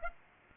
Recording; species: mosquito wingbeat signal from an infrared sensor; Aedes aegypti